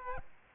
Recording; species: mosquito wingbeat signal from an infrared sensor; Aedes aegypti